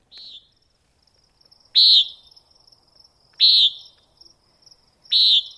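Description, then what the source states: Nighthawk calling: short, buzzy, nasal peent notes, four in all, spaced about one and a half to two seconds apart, over a faint, steady, high-pitched hum. Played recording; described as a nice little peenting sound.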